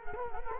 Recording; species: mosquito wingbeat signal from an infrared sensor; Culex quinquefasciatus